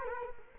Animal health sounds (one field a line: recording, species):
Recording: mosquito wingbeat signal from an infrared sensor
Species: Culex quinquefasciatus